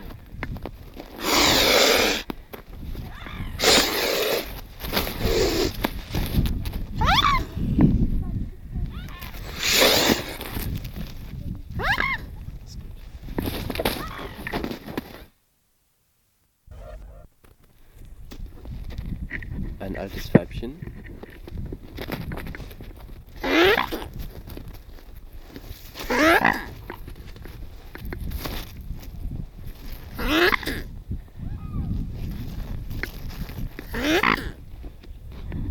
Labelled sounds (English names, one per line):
Mute Swan call